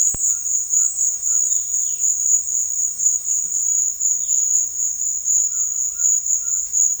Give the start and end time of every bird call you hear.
[0.00, 2.09] bird call
[4.09, 4.48] bird call
[5.50, 6.66] bird call

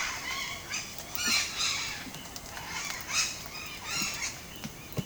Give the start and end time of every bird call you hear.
[0.00, 2.00] bird call
[2.59, 4.29] bird call

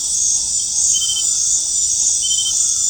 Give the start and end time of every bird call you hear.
[0.00, 2.90] bird call

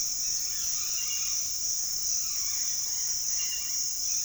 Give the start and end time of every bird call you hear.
[0.00, 1.46] bird call
[2.13, 4.25] bird call

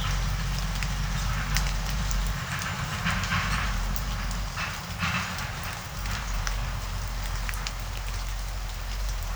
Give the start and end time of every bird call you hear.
[2.58, 3.73] bird call
[4.51, 5.32] bird call

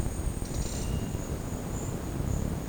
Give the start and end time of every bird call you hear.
[0.41, 0.89] bird call

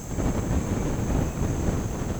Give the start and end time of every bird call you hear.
[0.00, 1.50] bird call

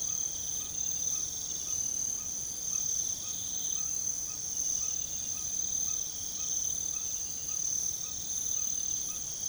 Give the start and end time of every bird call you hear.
[0.02, 8.68] bird call

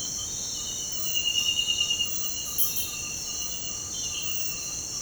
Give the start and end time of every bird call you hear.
[0.00, 5.01] bird call

